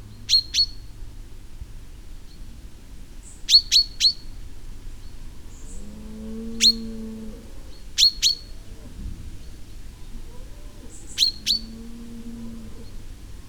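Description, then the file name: Common chaffinch sharp, metallic calls, mostly in quick pairs or triplets, sounding every few seconds, with low droning tones underneath. "Fringilla coelebs"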